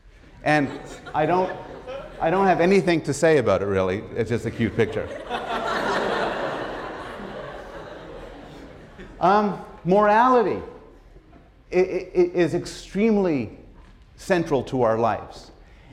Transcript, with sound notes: and I don't have anything to say about it really. It's just a cute picture [laughter].
Morality is extremely central to our lives,